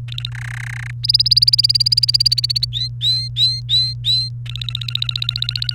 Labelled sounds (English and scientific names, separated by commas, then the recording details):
Domestic Canary (Serinus canaria) song
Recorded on 29 April 2018 at 15:44
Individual llb3